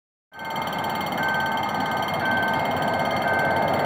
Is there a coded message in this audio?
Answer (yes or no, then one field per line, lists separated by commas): no